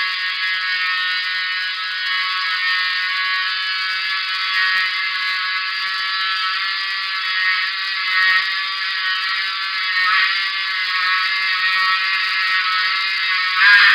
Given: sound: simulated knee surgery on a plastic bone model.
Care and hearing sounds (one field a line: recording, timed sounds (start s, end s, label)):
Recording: surgical tools on bone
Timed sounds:
0.00	13.95	sawing